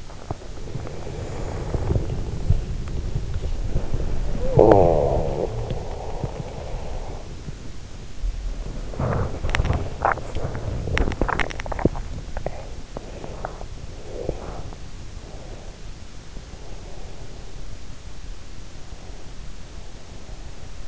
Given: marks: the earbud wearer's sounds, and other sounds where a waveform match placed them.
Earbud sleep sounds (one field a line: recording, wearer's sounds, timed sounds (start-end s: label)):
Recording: sounds in sleep by an in-ear microphone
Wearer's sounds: body movement, talking in sleep, teeth grinding, breath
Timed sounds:
0.21-19.32 s: body movement
4.32-5.68 s: talking in sleep
9.30-9.95 s: teeth grinding
10.76-12.11 s: teeth grinding
13.08-14.87 s: breath
15.19-17.57 s: breath
18.81-20.88 s: breath